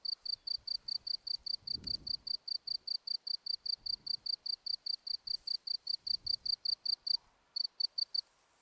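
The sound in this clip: Insect chirping as a steady series of short, high-pitched pulses, with a brief pause near the end and faint low rustles.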